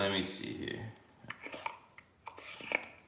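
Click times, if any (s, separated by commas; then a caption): none. Someone talks briefly as a rubber spark plug wire boot is handled at the spark plug terminal of a Honda VTX1300 motorcycle, with a few short, faint handling taps. The boot has not seated or clicked onto the plug yet.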